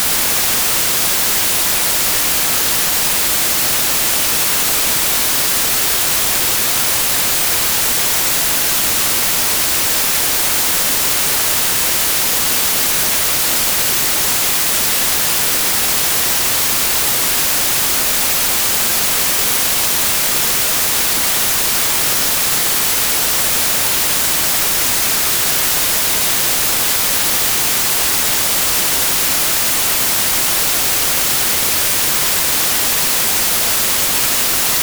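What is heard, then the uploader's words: White noise plays as a constant, even hiss for the full length, with no breaks, swells or separate events. The sound is dense and bright, strongest in the high range with a thinner low end, and nothing else is heard beneath it. WHITE NOISE TEST TONE.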